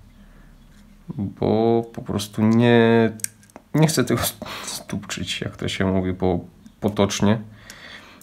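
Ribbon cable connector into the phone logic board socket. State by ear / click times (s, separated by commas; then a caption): not seated / none. Someone talks while pressing a ribbon cable connector into the logic board socket of an iPhone 5S during a battery replacement. The connector has not snapped into place, and nothing has seated or clicked yet.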